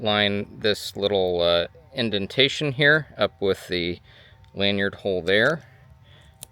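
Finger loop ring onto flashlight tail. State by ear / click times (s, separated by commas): seated / 6.4 s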